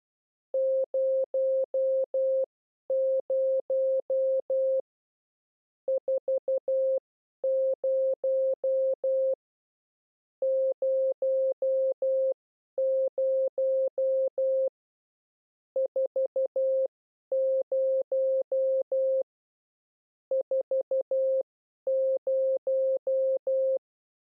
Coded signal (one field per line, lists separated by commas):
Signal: Morse code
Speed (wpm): 12 wpm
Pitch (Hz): 530 Hz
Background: none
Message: 00 40 00 40 40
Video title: How to Learn CW / Video #9 Group 2 / Characters 4 0